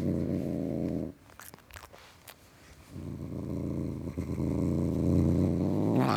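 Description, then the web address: Domestic cat giving a steady low rumbling growl, pausing briefly with faint clicks before the rumble resumes and swells toward the end. Tom cat, growling. "BBC Sound Effects Library Cats Tom Cat Growling"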